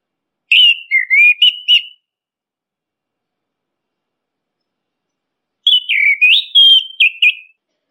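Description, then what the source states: Orange-headed thrush giving two phrases of clear, varied whistles with quick up-and-down slurs, separated by several seconds of silence. Masteran (training) recording; bird called anis kembang or punglor kembang.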